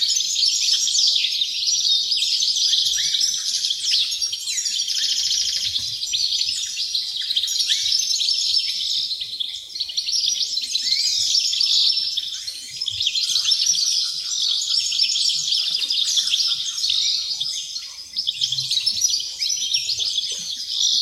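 Dozens of wrens chatter and trill without pause in a backyard, their high, bright calls overlapping into a dense, steady chorus. The birds fill the whole 21 seconds, with only slight dips in loudness. Almost nothing sits underneath, apart from faint low rustles.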